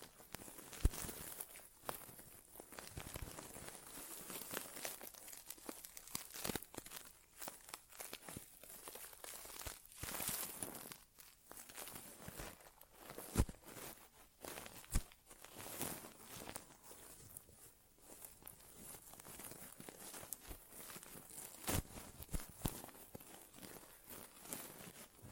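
Close crinkling, scratching and rustling sounds from an ASMR inner ear exam, with no talking. The bursts come in quick, irregular clusters almost without pause, with a few sharper pops near 1 and 13 seconds and brief quieter dips around 11 and 19 seconds.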